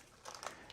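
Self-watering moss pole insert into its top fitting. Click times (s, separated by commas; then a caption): 0.5 s. A plastic self-watering moss pole insert is pushed one-handed into its holder, with short crinkly rustling and small hits around it. The loudest hit, a snap at 0.5 s, is the insert clipping into place in its top fitting.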